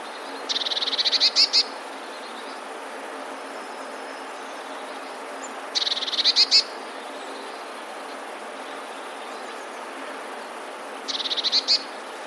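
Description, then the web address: Eurasian blue tit song, three short high trills spaced about five seconds apart, each a quick run of notes ending in a few louder emphatic ones. "wroblowe teka modraszkoteka"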